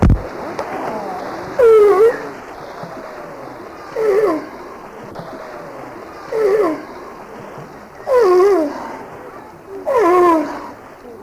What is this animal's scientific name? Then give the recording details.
Zalophus californianus. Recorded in captivity. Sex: pair. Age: adult. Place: Zoo Karlsruhe, Baden-Württemberg, DE. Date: 2000-09-26 16:09. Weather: fair, 16-17°C. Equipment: Nagra SN, Kopie Uher 4000 Report Monitor. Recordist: Tembrock, Günter. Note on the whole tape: Fütterung: erst Männchen (Laute), dann Weibchen (Laute). Nach der Fütterung: Lautfolgen bei Kopfschütteln und Lippenschleudern (lauthaft)